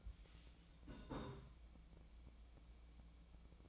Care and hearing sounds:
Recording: daily activity, microphone in the room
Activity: take from stove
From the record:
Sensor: 1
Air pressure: 1009.9 hPa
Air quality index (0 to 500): 187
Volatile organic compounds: 17 ppm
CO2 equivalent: 2574 ppm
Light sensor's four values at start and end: 38/97/40/49 and 38/97/40/49

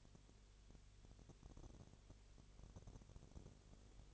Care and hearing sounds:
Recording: daily activity, microphone in the room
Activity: no activity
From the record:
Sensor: 4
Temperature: 22.6 degrees Celsius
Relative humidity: 32.0%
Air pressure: 1008.1 hPa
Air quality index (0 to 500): 114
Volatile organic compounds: 2 ppm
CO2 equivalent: 1104 ppm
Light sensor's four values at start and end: 2/3/1/1 and 2/3/1/1

